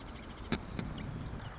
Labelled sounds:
Marsh Wren
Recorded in Sonoma County, California

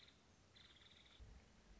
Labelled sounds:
Nuttall's Woodpecker
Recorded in Sonoma County, California

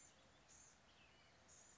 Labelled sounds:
Blue-gray Gnatcatcher
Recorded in Sonoma County, California

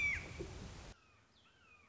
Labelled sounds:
Red-shouldered Hawk
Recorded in Sonoma County, California

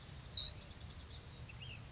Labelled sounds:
Ash-throated Flycatcher
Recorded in Sonoma County, California

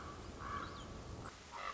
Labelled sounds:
Common Raven
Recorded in Sonoma County, California

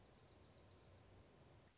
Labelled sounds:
Dark-eyed Junco
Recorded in Sonoma County, California

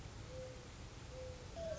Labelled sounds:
Mourning Dove
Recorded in Sonoma County, California

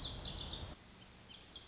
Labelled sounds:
Lazuli Bunting
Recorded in Sonoma County, California

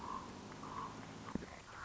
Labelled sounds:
Common Raven
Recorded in Sonoma County, California

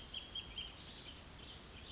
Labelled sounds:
Bewick's Wren
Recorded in Sonoma County, California

